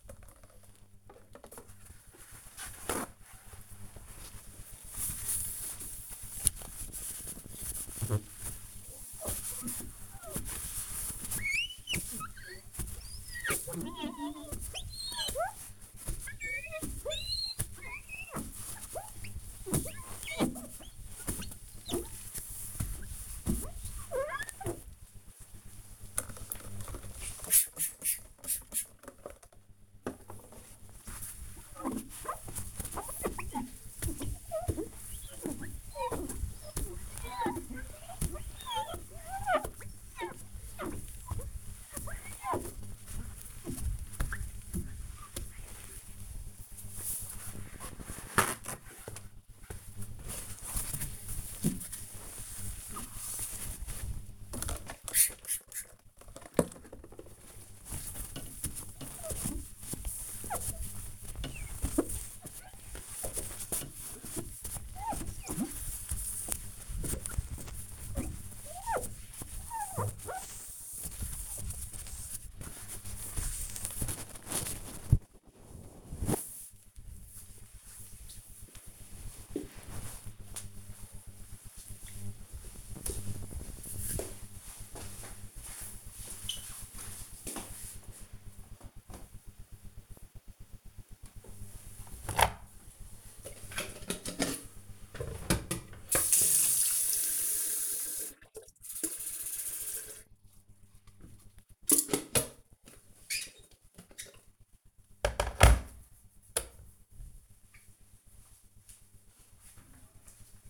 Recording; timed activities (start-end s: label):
household activities, microphone on the right wrist
0.00-75.32 s: window cleaning
90.42-110.70 s: making tea